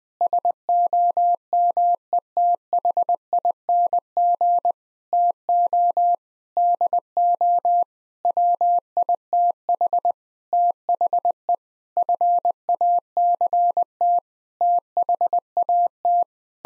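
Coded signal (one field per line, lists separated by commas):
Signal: Morse code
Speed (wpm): 20 wpm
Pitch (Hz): 700 Hz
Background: none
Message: SOMETHING TO DO WITH THE FACT THAT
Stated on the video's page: Practice sentences containing common eight-word phrases at 20 wpm.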